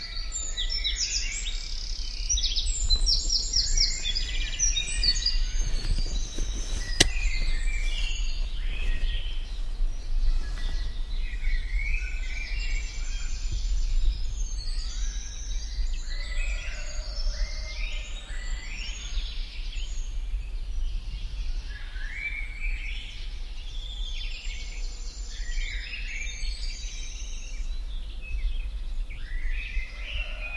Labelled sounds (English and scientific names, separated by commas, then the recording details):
Eurasian Wren (Troglodytes troglodytes) song
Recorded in the wild
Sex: male
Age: adult
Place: Praiano, Campania, IT
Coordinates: 40.7833, 14.5333
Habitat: Macchia
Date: 2004-04-04
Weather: 10°C, sunny, almost windless
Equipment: Tascam DA-P1, Sennheiser MKH 70, Windkorb
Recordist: Frommolt, Karl-Heinz